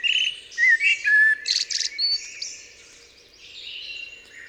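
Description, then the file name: Eurasian blackbird phrase: clear whistled notes sliding down, then a burst of high rapid twitters, fading into a soft, thin warble. "Turdus merula"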